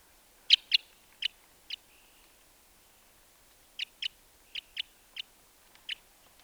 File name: Cassia Crossbill